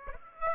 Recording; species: mosquito wingbeat signal from an infrared sensor; Aedes aegypti